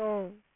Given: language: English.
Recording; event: throat vibration sensor signal played as sound; speech